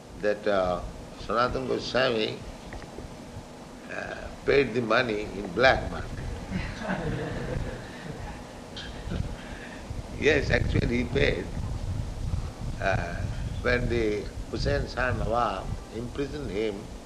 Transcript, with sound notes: that Sanātana Gosvāmī paid the money in black market. [chuckles] Yes. Actually he paid. When the Hussain Shah, Nawab, imprisoned him,